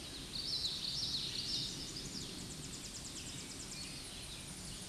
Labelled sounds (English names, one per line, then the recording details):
Common Yellowthroat song
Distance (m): 30 m
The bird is about level with the microphone
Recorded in a Pennsylvania forest on 16 May 2024 at 08:05
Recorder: AudioMoth, point MSD-2155
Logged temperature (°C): 15.6 °C
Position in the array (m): 56 m, 145 m